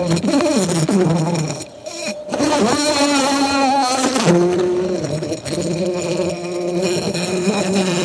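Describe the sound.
Bumblebee flight buzz, a steady low droning hum that wavers up and down in pitch, briefly dipping and surging as the insect moves.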